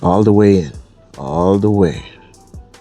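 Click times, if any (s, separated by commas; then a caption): none. Someone talks while a fog light wire terminal is pushed into its plastic connector housing during a fog light install on a 2023–2026 CR-V EX-L or Hybrid with parking sensors. Faint handling ticks follow the talking, but the terminal has not seated or clicked home yet by the end of the clip.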